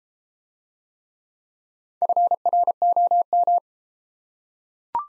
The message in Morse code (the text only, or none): FROM